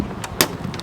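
The center pin of a plastic push-pin rivet in a Yamaha R1 motorcycle fairing panel is pressed in while the panel is removed for an R&G frame slider install. A sharp, strong click comes at 0.4 s, with fainter ticks around 0.2 s and 0.7–0.8 s. The rivet releases.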